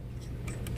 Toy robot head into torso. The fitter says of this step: it just comes up like this locks into place